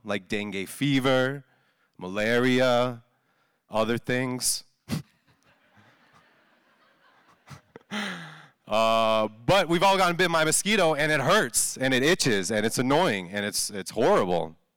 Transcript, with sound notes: Like dengue fever, malaria, other things. [laughter] But, we’ve all gotten bitten by a mosquito and it hurts. And it itches and it’s annoying, and it’s it’s horrible.